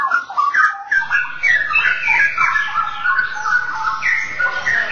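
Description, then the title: Oriental magpie-robin song, a dense run of varied whistled and warbled notes, sliding up and down without pause, with a faint low rumble underneath. "Kicau Kacer"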